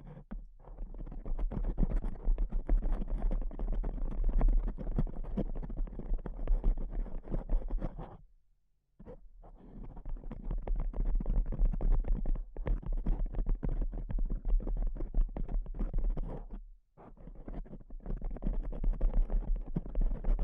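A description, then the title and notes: Tapping runs almost without letup in dense, rapid flurries of soft, dull hits, with a steady low hum beneath. The pace shifts between quicker and slightly looser stretches. Brief silences break it near eight and a half seconds and again around seventeen. ASMR Pure Tapping Fast and Slow (No Talking).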